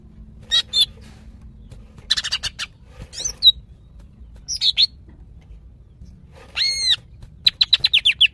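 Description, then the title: Greater green leafbird calling with scattered chirps, a few swooping whistled notes, then a fast run of several bright repeated notes at the end. Female calling a male; described as very vocal. "CUCAK IJO BETINA GACOR HIPER MEMANGGIL JANTAN"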